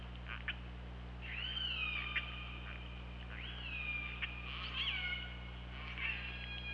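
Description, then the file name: Killer whale calls, drawn-out harmonic tones that rise, hold, then bend, repeated several times, with soft clicks and a constant low electrical hum beneath. OrcaLab hydrophone, 24 August 2017 at 23:34. "Orca Lab UTLN JASON 20170824 233450"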